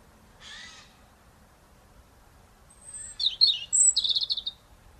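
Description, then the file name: European robin song, a soft rasping note first, then after a pause a fast run of high sweet trilled twitters. "Erithacus rubecula"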